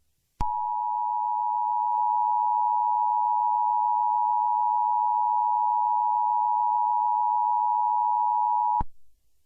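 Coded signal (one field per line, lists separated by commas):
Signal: Emergency Alert System (SAME) tones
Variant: 853 and 960 Hz attention tone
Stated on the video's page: Unfinished EAS scenario collaboration, a made-up alert.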